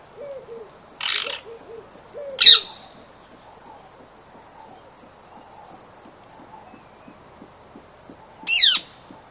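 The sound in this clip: Rose-ringed parakeet giving three harsh, rasping screeches, the first two close together and the third about six seconds later, over a steady run of soft, lower repeated notes and a faint high ticking.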